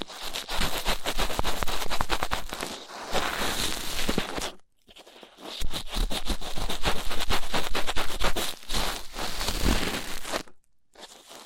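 Rough ear cleaning makes dense, crackling, scratchy rubbing in busy bursts, with two brief silent pauses near four and a half and ten and a half seconds.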